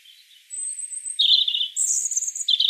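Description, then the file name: European robin song phrase, a high sustained whistle followed by a dense, sparkling run of warbled notes. "Erithacus rubecula"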